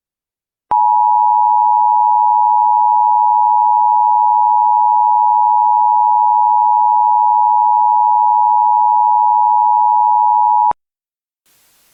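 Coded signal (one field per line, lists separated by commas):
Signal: Emergency Alert System (SAME) tones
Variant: 853 and 960 Hz attention tone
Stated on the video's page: Fake EAS scenario, simulated alert made with ClipChamp and SitePal.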